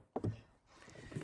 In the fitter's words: So we'll just pop this off.